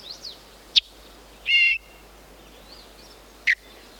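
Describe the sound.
Yellow-breasted chat song: scattered separate notes, a sharp high chip, a short buzzy harmonic burst, then another abrupt note, with long pauses between them.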